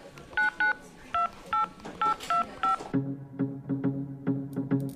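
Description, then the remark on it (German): A number is keyed in on a mobile phone: about eight crisp, evenly spaced touch-tone beeps, followed by a run of shorter, lower-pitched tones over a faint background hum. No one speaks. “Hier ist mein Handy, ruf sie an.”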